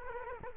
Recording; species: mosquito wingbeat signal from an infrared sensor; Culex quinquefasciatus